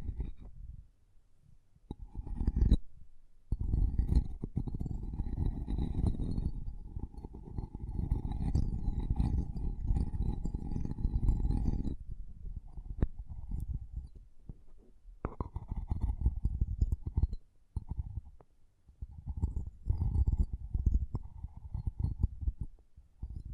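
Dense, rumbling scratching and tapping on a microphone, heaviest in the low end with a hollow, muffled tone. Long stretches of rough rubbing from about 2 to 12 seconds and again after 15 seconds, broken by short silences and a few sharp taps.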